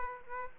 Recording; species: mosquito wingbeat signal from an infrared sensor; Aedes aegypti